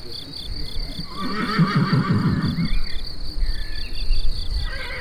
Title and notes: Chindrieux, France - grillons et chevaux. rencontre de propriétaires de chevaux